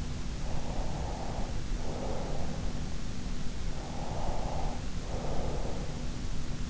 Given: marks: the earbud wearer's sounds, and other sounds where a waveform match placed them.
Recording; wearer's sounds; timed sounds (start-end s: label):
sounds in sleep by an in-ear microphone; breath
0.57-2.50 s: breath
3.84-6.02 s: breath